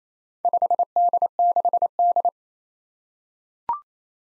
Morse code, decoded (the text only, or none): 5D6D